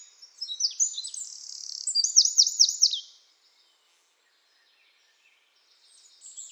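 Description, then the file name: Eurasian wren gives a three-second burst of high, sharp notes and looping trills, then silence, with a faint new phrase starting at the end. "Troglodytes troglodytes"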